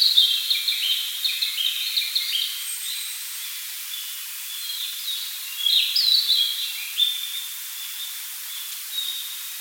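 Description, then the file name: Narcissus flycatcher singing repeated phrases of high, stepped whistled notes, with short pauses between bursts. "Ficedula narcissina"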